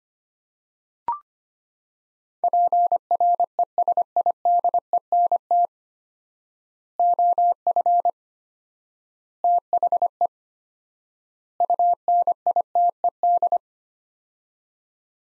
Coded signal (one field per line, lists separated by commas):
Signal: Morse code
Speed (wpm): 25 wpm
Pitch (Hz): 700 Hz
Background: none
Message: PRESIDENT OF THE UNITED